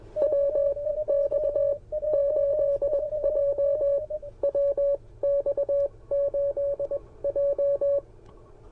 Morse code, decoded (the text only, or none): WX8J WX8J